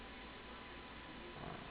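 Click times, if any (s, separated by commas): none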